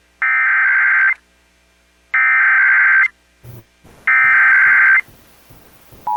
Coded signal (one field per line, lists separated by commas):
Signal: Emergency Alert System (SAME) tones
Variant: header bursts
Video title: [EAS #1846-#1861] Day 2 of Required Monthly Test Week